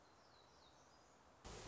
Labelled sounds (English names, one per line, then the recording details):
Black-throated Gray Warbler
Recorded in Sonoma County, California